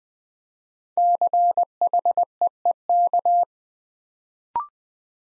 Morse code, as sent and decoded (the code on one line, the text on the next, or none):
-.-. .... . . -.-
CHEEK